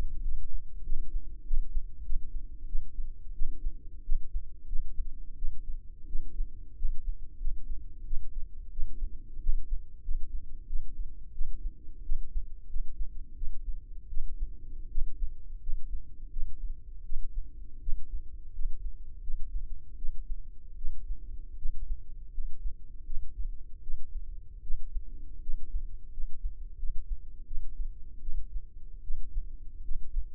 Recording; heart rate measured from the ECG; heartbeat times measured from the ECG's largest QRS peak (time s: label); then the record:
heart sounds by microphone in the left ear; 85 bpm
0.23 s: heartbeat
0.84 s: heartbeat
1.46 s: heartbeat
2.05 s: heartbeat
2.67 s: heartbeat
3.34 s: heartbeat
4.04 s: heartbeat
4.68 s: heartbeat
5.37 s: heartbeat
6.07 s: heartbeat
6.77 s: heartbeat
7.39 s: heartbeat
8.05 s: heartbeat
8.71 s: heartbeat
9.41 s: heartbeat
10.03 s: heartbeat
10.68 s: heartbeat
11.33 s: heartbeat
12.04 s: heartbeat
12.69 s: heartbeat
13.36 s: heartbeat
14.09 s: heartbeat
14.90 s: heartbeat
15.61 s: heartbeat
16.31 s: heartbeat
17.04 s: heartbeat
17.81 s: heartbeat
18.53 s: heartbeat
19.22 s: heartbeat
19.97 s: heartbeat
20.76 s: heartbeat
21.57 s: heartbeat
22.33 s: heartbeat
23.05 s: heartbeat
23.82 s: heartbeat
24.62 s: heartbeat
25.41 s: heartbeat
26.12 s: heartbeat
26.78 s: heartbeat
27.45 s: heartbeat
28.20 s: heartbeat
29.02 s: heartbeat
29.83 s: heartbeat
From the record:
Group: healthy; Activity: rest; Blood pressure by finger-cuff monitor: 100/64 mmHg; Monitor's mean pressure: 74 mmHg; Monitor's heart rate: 84 bpm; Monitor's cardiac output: 6.8 L/min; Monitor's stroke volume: 82 mL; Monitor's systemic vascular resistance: 790 dyn s/cm5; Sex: female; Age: 19 years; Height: 163 cm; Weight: 48.9 kg